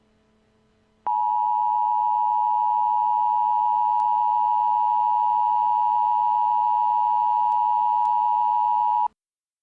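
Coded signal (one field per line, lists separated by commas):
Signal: Emergency Alert System (SAME) tones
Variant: 853 and 960 Hz attention tone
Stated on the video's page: Fictional EAS scenario with simulated alert tones.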